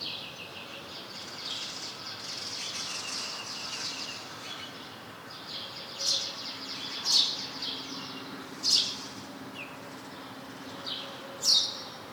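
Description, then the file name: House sparrow chirps, a few sharp high notes scattered through the second half over a steady background hiss. "Passer domesticus"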